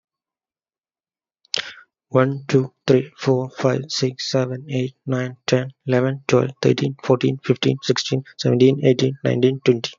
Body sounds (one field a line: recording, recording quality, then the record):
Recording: counting at a fast pace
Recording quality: excellent, no background noise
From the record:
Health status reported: healthy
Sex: male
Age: 30 years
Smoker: yes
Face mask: not worn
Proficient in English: yes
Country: India